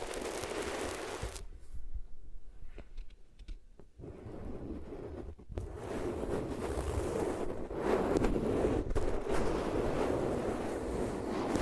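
Rubbing sounds against the ears, a dense, rough scraping that swells and fades unevenly. Mostly low and muffled, with a brighter hiss in the first second and again after six seconds, and quieter thin patches with a few sharp taps around two to five seconds.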